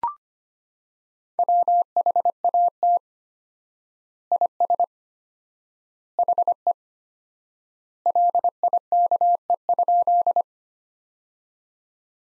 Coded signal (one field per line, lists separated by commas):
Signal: Morse code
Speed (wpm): 25 wpm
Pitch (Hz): 700 Hz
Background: none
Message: WHAT IS HE LIKE?